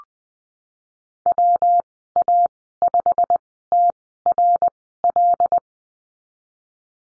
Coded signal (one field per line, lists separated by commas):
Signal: Morse code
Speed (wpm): 20 wpm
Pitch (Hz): 700 Hz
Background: none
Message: WA5TRL